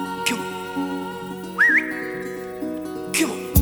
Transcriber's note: whistles